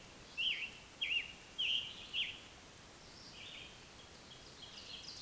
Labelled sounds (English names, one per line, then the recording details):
Scarlet Tanager song
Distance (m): 20 m
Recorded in a Pennsylvania forest on 1 June 2023 at 08:07
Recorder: AudioMoth, point grid3_35_high
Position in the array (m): 162 m, 144 m